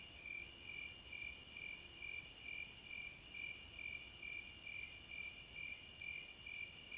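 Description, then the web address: Crickets chorusing: a steady pulsed chirping repeated about twice a second, over a continuous high shrill trill that breaks off briefly every few seconds. Crickets at midnight. "Sleep Sounds of Nature CRICKETS Midnight Serenade"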